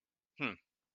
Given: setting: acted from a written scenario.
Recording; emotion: vocal sound without words; contempt